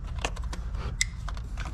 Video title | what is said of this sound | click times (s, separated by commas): Can it be done? Random Engine Misfires! 2004 Nissan Frontier 4.0 P0302 P0420 P0430 | three coils there we go and three clicks okay easy | 1.0 s